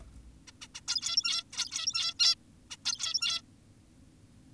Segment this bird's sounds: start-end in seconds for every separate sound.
0.48-0.52, 0.62-0.68, 0.75-0.81, 0.88-1.44, 1.52-2.14, 2.20-2.35, 2.71-2.77, 2.86-3.42